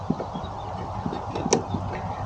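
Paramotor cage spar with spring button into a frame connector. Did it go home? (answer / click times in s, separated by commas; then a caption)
yes / 1.5 s. A spar for the starter pulley on an Iris Infinity paramotor cage is pushed into a frame connector. Over a low, steady background hum with a few soft knocks, its spring button gives a single sharp click at 1.5 seconds as the spar seats in the connector.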